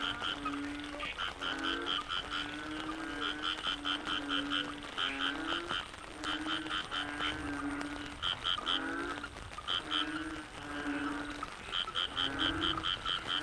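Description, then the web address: Dense frog chorus: rapid trains of high pulsed notes in repeated bouts over a steady low droning tone, continuing throughout. Frogs in the Cherating wetlands, Malaysia; a wetland soundscape. "yamaha frogs cherating wetlands. soundscape malaysia"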